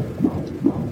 The sonographer put the Doppler on the young woman's belly, and the sound of the baby's heartbeat began to resound in the room.